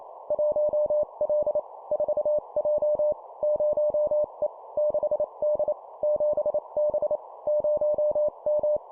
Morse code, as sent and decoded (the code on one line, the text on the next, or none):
.---- .-.. / ....- .--- / ----- . / -.... -.. / --... -... / ----- --
1L 4J 0E 6D 7B 0M